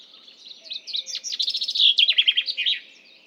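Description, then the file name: Common chaffinch song, a series of crisp notes that drops in pitch and ends in a short flourish. "Fringilla coelebs"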